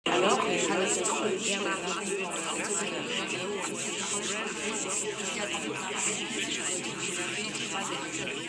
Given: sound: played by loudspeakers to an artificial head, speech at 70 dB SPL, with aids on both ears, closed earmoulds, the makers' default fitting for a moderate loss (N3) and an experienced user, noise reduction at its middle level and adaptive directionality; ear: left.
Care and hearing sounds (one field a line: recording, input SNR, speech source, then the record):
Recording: speech test signal (ISTS) in cocktail-party noise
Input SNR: -6 dB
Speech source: on the right (90 degrees)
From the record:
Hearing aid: class 2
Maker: E